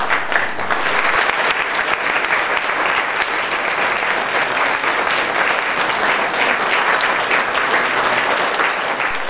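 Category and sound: crowd, applause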